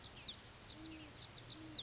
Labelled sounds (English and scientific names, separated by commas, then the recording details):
Great Horned Owl (Bubo virginianus)
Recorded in Sonoma County, California